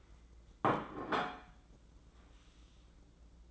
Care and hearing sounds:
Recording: daily activity, microphone in the room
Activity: place plate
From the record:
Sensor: 3

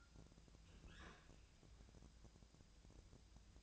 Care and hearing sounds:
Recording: daily activity, microphone in the room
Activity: open fridge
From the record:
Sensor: 2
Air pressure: 999.9 hPa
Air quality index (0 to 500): 119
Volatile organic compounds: 2 ppm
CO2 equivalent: 1021 ppm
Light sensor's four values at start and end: 33/85/36/40 and 33/84/36/40

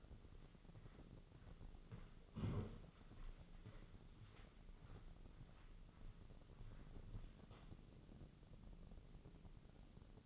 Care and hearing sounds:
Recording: daily activity, microphone in the room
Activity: walk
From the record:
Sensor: 4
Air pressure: 996.7 hPa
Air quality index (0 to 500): 243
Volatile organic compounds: 375 ppm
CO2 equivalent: 4629 ppm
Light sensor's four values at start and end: 50/123/51/51 and 50/122/51/51

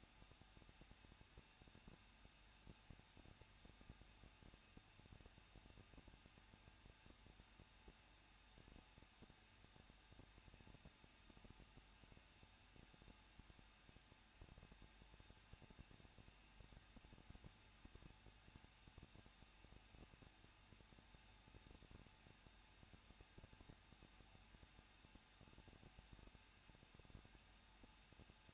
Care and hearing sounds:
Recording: daily activity, microphone in the room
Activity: no activity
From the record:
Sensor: 2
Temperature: 21.0 degrees Celsius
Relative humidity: 37.5%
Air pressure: 1006.3 hPa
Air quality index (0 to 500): 223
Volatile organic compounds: 25 ppm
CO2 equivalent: 2835 ppm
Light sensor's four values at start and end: 2/3/2/2 and 2/3/2/2

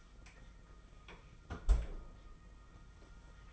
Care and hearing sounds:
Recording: daily activity, microphone in the room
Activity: close fridge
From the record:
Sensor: 5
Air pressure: 991.1 hPa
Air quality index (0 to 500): 115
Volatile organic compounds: 33 ppm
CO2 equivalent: 3026 ppm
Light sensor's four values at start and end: 33/104/40/42 and 33/106/40/42

